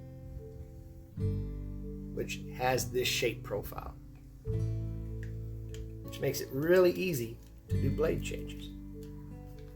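A T-shank jigsaw blade is handled at the jigsaw's quick-release blade clamp while someone talks over acoustic guitar music. The blade has not seated or clicked into the clamp yet.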